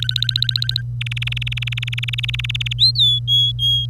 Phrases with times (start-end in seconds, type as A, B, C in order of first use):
0.00-0.81 A, 1.01-2.73 B, 2.79-2.91 C, 2.95-3.86 D